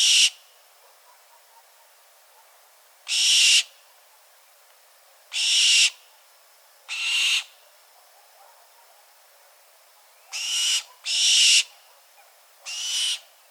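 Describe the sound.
Bird making harsh hissed screeches at irregular spacing, singly and in a quick pair near the end, about seven bursts in all.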